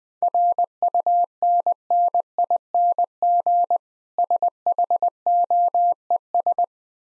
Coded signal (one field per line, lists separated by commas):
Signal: Morse code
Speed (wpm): 20 wpm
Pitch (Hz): 700 Hz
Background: none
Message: RUNNING SHOES